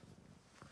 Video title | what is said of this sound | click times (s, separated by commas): Amari feeding instructions v1 | line it up until it clicks in and it's | 0.6 s